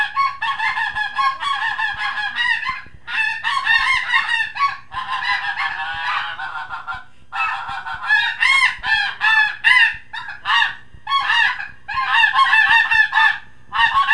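Snow goose: snow geese giving a chorus of high, barking honks, many birds overlapping, with short breaks throughout.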